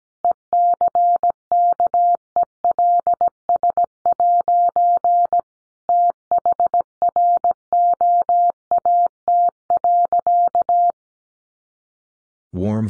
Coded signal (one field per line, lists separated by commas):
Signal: Morse code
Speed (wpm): 17 wpm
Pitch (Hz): 700 Hz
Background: none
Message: ECKELS' THROAT.